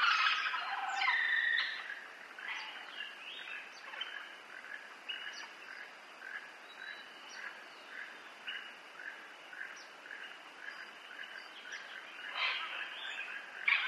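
Parrot calls, a loud harsh squawk at the start, then soft short chattering notes repeated, with another squawk near the end.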